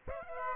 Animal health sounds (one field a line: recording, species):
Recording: mosquito wingbeat signal from an infrared sensor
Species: Aedes aegypti